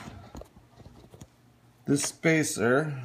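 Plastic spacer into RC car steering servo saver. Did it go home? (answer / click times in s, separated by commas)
no / none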